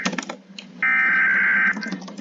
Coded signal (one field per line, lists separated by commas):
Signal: Emergency Alert System (SAME) tones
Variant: header bursts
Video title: RATING ALL EAS ALARMS (PART 5) (FINALE!)